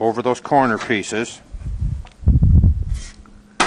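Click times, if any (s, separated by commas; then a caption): none. A top cap piece is fitted over the corner pieces of an office panel frame while someone talks. Low handling thumps and a few short sharp knocks follow around 2.1 to 2.4 seconds as the cap is worked into position. Nothing has seated or locked yet by the end of the clip.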